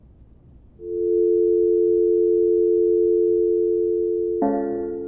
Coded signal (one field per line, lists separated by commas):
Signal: telephone call progress tone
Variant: North America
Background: music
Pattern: dial tone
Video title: Sammy Pharaoh - Dial Tone